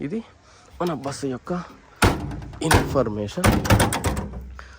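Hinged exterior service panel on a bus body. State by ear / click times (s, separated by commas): not seated / none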